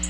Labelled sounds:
Black-throated Blue Warbler (Setophaga caerulescens) flight call

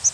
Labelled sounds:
Yellow-rumped Warbler (Setophaga coronata) flight call

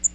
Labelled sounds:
Magnolia Warbler (Setophaga magnolia) flight call

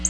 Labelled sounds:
Black-throated Blue Warbler (Setophaga caerulescens) flight call

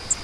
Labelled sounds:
Grace's Warbler (Setophaga graciae) flight call

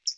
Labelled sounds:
Hooded Warbler (Setophaga citrina) flight call

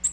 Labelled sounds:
Nashville Warbler (Leiothlypis ruficapilla) flight call

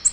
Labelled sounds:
Nashville Warbler (Leiothlypis ruficapilla) flight call

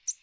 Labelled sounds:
American Redstart (Setophaga ruticilla) flight call

